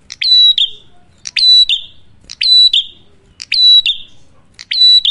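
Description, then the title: Prinia song: five loud, high, ringing chirps, each sliding into a short buzz, spaced about a second apart. Prenjak in fluent (gacor), loud drawn-out song, used for luring wild birds (pikat) or training cage birds (masteran). "Masteran Duet Cililin Vs Kapas Tembak. Prenjak Gacor. Ngalun Kencang, Ampuh Banget Buat Pikat Ataupun Masteran"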